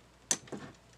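A part of the tape transport mechanism in an Onkyo TA-R440 stereo cassette tape deck is pushed back down into the assembly, next to a loose gear, during a repair. A sharp click at 0.3 s is followed by a softer, duller knock around 0.5 s. The part snaps and seats into place.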